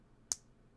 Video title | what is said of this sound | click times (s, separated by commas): Handcam! Building pretty lego flowers | You guys get to hear the snap. | 0.3 s